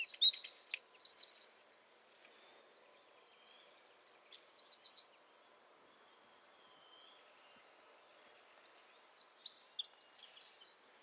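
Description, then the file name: Eurasian wren song: a short burst of shrill trills, a long lull with a few faint notes, then another bright burst of rapid twittering near the end. "Troglodytes troglodytes"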